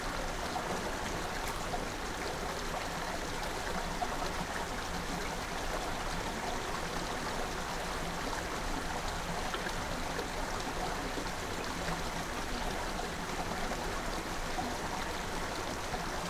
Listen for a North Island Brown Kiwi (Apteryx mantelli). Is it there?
no